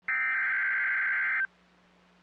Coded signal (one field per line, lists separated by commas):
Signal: Emergency Alert System (SAME) tones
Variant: header bursts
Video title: NOAA Weather Radio - FFW (Interrupted)/Severe Thunderstorm Warning [EAS #188-#189] (6/2/22)